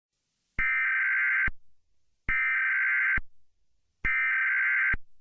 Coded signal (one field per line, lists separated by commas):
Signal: Emergency Alert System (SAME) tones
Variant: header bursts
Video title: EAS Scenario - global stalking